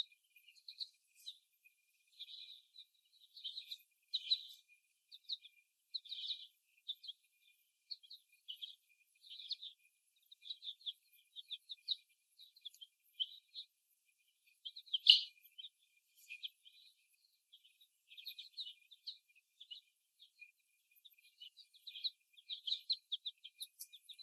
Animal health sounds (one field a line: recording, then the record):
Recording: young laying hens in a cage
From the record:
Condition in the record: after the stressor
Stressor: simulated dog barking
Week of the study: 1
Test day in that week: 1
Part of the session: 2